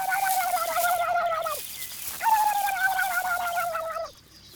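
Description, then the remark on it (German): Two rapid, bubbling bird calls, each a quick series of repeated notes sliding slightly downward in pitch, separated by a short pause, loud against a faint hiss of background noise, as a bird answers a human imitation of its call. “Und tatsächlich erhält er eine Antwort.”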